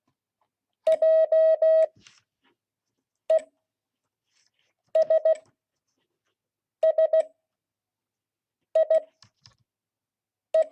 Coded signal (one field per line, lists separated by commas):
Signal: Morse code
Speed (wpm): 16 wpm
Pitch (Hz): 640 Hz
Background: none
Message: JESSIE